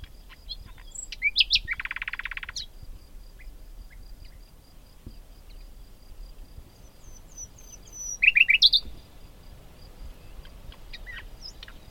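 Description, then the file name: Common nightingale song: a few notes and a harsh buzzy rattle, then after a long pause a short loud run of rapid, sharply repeated notes, with faint high whistles. "Luscinia megarhynchos"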